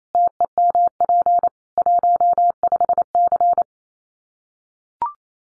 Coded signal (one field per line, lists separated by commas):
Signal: Morse code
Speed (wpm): 28 wpm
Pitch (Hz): 700 Hz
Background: none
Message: TEMP 15C